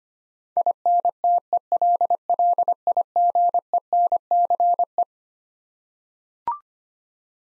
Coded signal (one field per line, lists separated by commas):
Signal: Morse code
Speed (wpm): 25 wpm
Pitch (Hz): 700 Hz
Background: none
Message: INTELLIGENCE